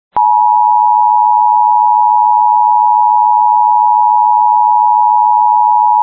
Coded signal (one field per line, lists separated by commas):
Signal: Emergency Alert System (SAME) tones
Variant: 853 and 960 Hz attention tone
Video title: I have no words for this 7.1 earthquake in PR. (Tsunami warning) (EAS 35)!